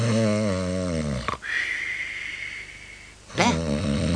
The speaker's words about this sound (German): Hör endlich zu schnarchen auf, ich schnarche nie, nie. Du darfst nicht Sachen tun, die ich nie tue. Und außerdem, wenn ich schnarche, dann schnarche ich viel schöner.